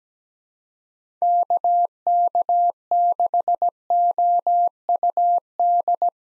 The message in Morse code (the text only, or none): KK6OUD